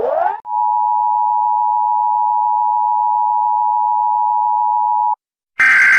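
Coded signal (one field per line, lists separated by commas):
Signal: Emergency Alert System (SAME) tones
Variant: 853 and 960 Hz attention tone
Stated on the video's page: EAS alarm tones played reversed.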